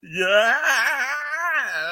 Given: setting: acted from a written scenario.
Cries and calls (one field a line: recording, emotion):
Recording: vocal sound without words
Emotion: fear